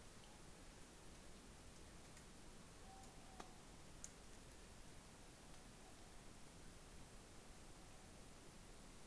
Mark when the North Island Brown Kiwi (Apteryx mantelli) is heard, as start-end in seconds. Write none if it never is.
none